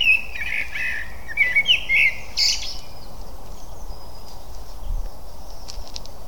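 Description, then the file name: Eurasian blackbird song: a warbled fluty phrase ending in a high squeaky flourish, then mostly quiet background hiss. "Turdus merula"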